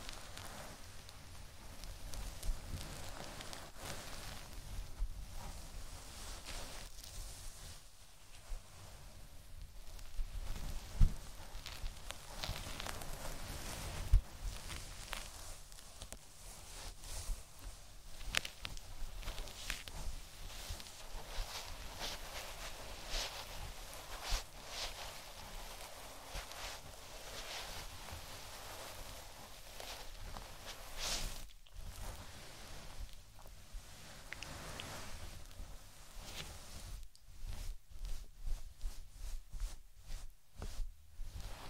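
Fingers scratching through fluffy ears make a dense, steady rustle of soft crackles and brushing hiss, mostly bright with some low thumps underneath. The texture stays fairly even throughout, with brief gaps and choppier, stop-start scratching near 32 seconds and again after 37 seconds.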